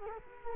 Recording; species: mosquito wingbeat signal from an infrared sensor; Culex quinquefasciatus